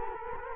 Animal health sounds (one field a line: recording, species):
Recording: mosquito wingbeat signal from an infrared sensor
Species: Culex quinquefasciatus